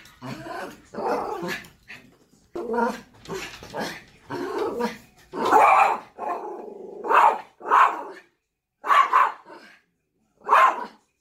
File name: Spitz dog